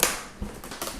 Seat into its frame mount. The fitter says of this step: and the seat is already locked